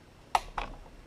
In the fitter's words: That one ticked.